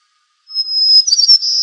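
White-crowned sparrow song opening: a thin high whistle held steady, then rapid jumbled chirps and a held note.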